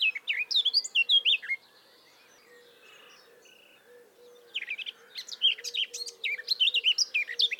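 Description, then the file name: Eurasian blackcap song in two bursts: a short fluty warble, roughly three seconds of near silence, then a longer chattering, whistled phrase. "Sylvia atricapilla"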